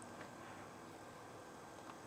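A Barrina T5 LED grow light tube is handled against a plastic mounting clip under a shelf in an IKEA cabinet, with only faint, low-level handling noise over a steady hiss and a brief soft tick at the very start. Nothing has seated or clicked yet; the tube is not yet home in the clip.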